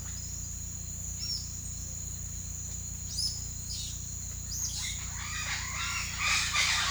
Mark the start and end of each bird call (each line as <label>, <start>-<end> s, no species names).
bird call, 1.18-1.42 s
bird call, 3.03-3.41 s
bird call, 3.71-3.96 s
bird call, 4.39-4.58 s
bird call, 4.83-6.86 s